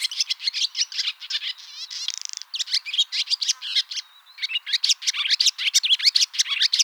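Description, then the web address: Barn swallow twittering, a fast jumble of squeaky notes broken by a short grating rattle, then a brief thin whistle and more chatter. "hirundo rustica call"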